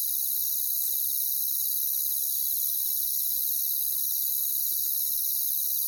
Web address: Nature Sounds Sounds of Nature Collection Crickets